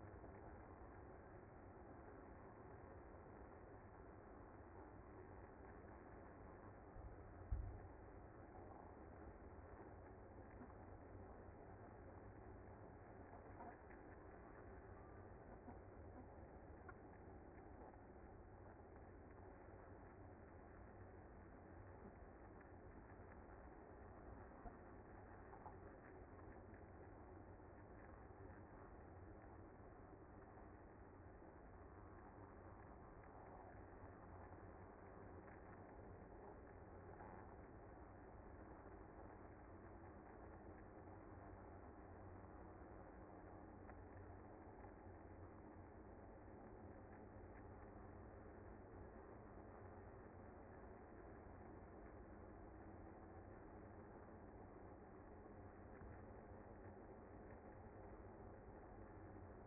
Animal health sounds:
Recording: honeybee colony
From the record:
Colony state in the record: active

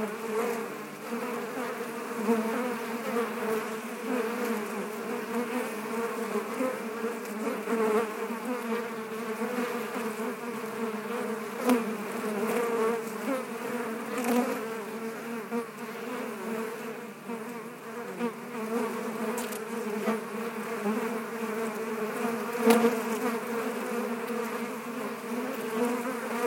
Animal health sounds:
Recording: honeybee colony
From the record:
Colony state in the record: active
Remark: normal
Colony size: 10,000 bees

